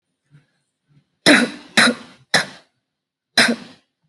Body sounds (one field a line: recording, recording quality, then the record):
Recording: heavy voluntary cough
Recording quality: excellent, no background noise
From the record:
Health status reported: exposed to COVID-19, no respiratory illness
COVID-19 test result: not tested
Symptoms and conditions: cold, muscle pain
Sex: female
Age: 21 years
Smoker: not ticked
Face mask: not worn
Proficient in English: yes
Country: India